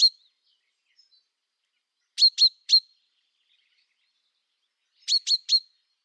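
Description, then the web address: Common chaffinch calling with one lone sharp note, then two quick triplets of bright, metallic chinks separated by a pause of about two seconds. "Deverinetal"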